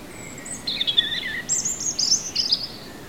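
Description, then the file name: European robin singing one continuous, varied phrase of high thin whistles, sliding notes and quick tinkling flourishes, over faint steady hiss. "Erithacus rubecula"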